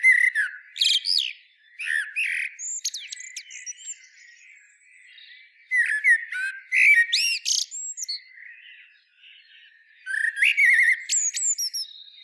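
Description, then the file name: Eurasian blackbird song: several phrases of low fluted warbling, each ending in rising, squeaky, high-pitched twitters, separated by brief pauses. "Turdus merula"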